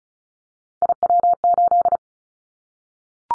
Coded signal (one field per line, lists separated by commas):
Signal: Morse code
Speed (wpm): 34 wpm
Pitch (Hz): 700 Hz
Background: none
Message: IW8